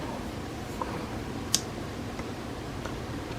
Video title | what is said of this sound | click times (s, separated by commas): Portable Mini Juicer : Unbox, Use and Maintenance | until you hear a click and the LED will blink. | 1.5 s